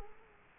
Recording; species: mosquito wingbeat signal from an infrared sensor; Culex quinquefasciatus